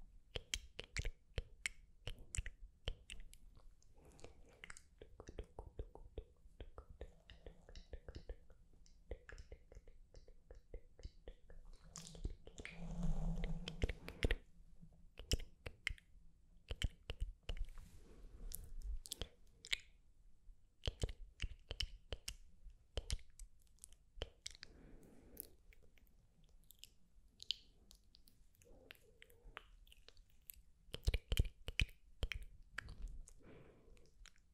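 Unintelligible whispers and hand movements: dense, irregular clicks and rustles, soft breathy murmurs, and a louder burst of rubbing near thirteen seconds.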